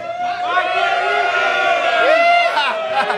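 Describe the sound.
A group of Corinthians fans in the studio cheers and yells together in a loud, sustained roar of overlapping voices, holding steady for about three seconds with a few higher shouts near the end.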